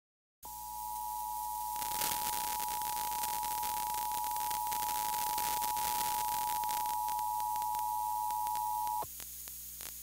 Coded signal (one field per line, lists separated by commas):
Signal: Emergency Alert System (SAME) tones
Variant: 853 and 960 Hz attention tone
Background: music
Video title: January 2022 DC-Metro Required Monthly Test Day - EAS 84-88